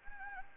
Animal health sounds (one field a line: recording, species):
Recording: mosquito wingbeat signal from an infrared sensor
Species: Anopheles gambiae